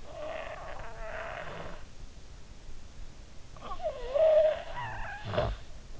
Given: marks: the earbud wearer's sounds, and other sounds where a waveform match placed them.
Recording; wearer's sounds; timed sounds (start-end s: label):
sounds in sleep by an in-ear microphone; breath, snoring breath
0.06-1.84 s: breath
3.55-5.59 s: snoring breath